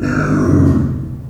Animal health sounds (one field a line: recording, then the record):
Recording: squeal of a Yucatan mini pig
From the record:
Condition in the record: after surgery on the right vocal fold (resection and tissue-engineered implant)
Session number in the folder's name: 7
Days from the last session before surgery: 47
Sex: female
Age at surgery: 19 weeks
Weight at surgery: 25 kg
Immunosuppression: prednisolone